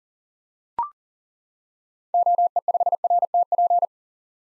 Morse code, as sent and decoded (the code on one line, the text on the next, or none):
--- . ..... .-. - .--.
OE5RTP